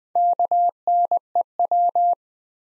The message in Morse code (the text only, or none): KNEW